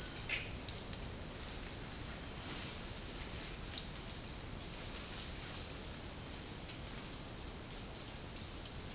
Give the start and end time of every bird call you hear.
0.26s-0.51s: bird call (1.2-6.8 kHz)
4.03s-4.59s: bird call (5.8-9.1 kHz)
5.56s-7.27s: bird call (5.0-9.2 kHz)
7.93s-8.31s: bird call (5.6-8.8 kHz)

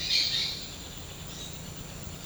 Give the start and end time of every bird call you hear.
0.00s-0.59s: bird call (1.4-5.9 kHz)

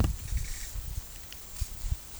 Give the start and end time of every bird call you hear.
0.22s-0.78s: bird call (1.7-9.8 kHz)

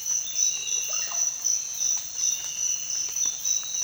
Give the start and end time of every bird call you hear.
0.68s-1.35s: bird call (0.1-2.4 kHz)

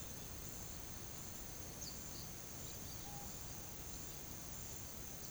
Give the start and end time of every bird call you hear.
1.71s-2.97s: bird call (3.3-7.3 kHz)

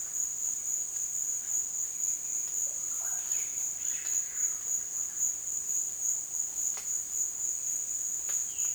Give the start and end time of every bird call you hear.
2.85s-4.84s: bird call (0.6-4.9 kHz)

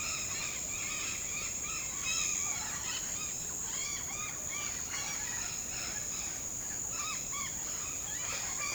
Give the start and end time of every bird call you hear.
0.00s-6.37s: bird call (0.6-6.2 kHz)
6.95s-8.75s: bird call (0.5-6.1 kHz)

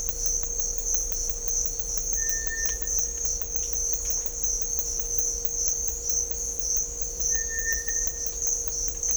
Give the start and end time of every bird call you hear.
2.15s-2.89s: bird call (1.5-2.3 kHz)
7.29s-8.27s: bird call (1.3-2.4 kHz)

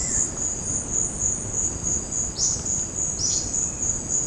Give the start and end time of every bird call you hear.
2.32s-2.63s: bird call (4.4-7.1 kHz)
3.15s-3.43s: bird call (3.0-6.5 kHz)

